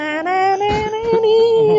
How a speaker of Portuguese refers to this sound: O começo do filme começa com uma música muito sinistra. Só o começo do filme é tipo uma criança cantando.